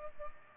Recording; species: mosquito wingbeat signal from an infrared sensor; Culex pipiens